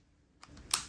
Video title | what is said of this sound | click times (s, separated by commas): Seeing the world through a new lens - wide angle lens for Canon G7x, unboxing & honest opinion. | Like that. Now we heard the click. | 0.7 s